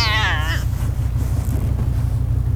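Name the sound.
cat meowing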